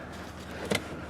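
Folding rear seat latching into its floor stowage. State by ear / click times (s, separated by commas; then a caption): not seated / none. The Stow 'n Go rear seat of a silver 2007 Chrysler Town & Country LWB Limited minivan is folded down into its floor stowage, but the latch fails to lock. Over a steady low hum, a brief double knock peaks at about 0.7 and 0.8 seconds. Nothing has seated or clicked yet, and the seat is not locked into place.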